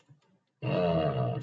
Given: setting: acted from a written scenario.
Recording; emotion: vocal sound without words; disappointment